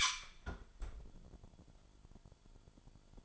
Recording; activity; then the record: daily activity, microphone in the room; close fridge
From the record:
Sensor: 5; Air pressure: 1007.9 hPa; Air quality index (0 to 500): 100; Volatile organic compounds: 1 ppm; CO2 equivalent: 781 ppm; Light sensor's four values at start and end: 45/102/43/46 and 44/100/42/45